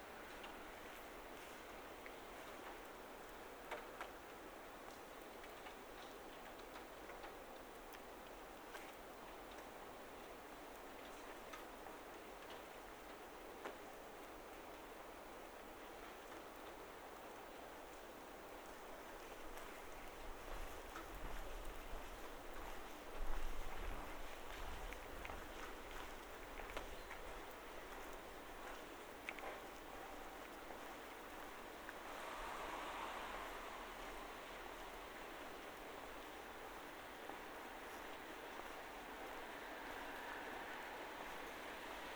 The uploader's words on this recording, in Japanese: 雨の中を歩く音（Binaural）- Rain and walk。バイノーラルで撮った雨音です。車の音や足音が入っています。